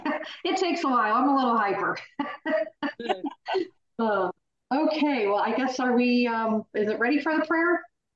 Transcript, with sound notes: It takes a while. I'm a little hyper. (laughs) Uh, okay, well, I guess are we, um... Is it ready for the prayer?